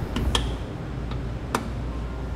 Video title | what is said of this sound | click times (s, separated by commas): etrailer - Complete Breakdown of the Dexter Nev-R-Adjust Electric Trailer Brake Assembly | plugs will just snap into place and | 0.4 s, 1.6 s